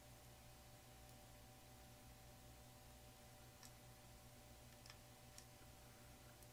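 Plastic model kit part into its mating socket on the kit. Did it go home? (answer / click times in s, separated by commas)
no / none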